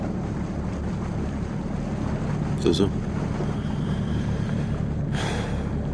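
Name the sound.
boat moving through water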